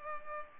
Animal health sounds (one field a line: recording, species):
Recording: mosquito wingbeat signal from an infrared sensor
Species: Culex pipiens